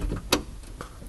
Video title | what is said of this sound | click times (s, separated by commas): DeLorean Door Lock Issue | There you could hear a latch. | 0.3 s